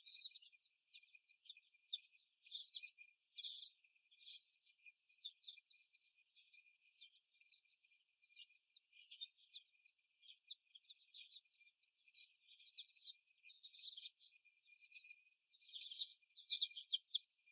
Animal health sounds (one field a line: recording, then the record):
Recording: young laying hens in a cage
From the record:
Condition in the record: after the stressor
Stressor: simulated dog barking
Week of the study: 1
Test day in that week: 1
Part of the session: 1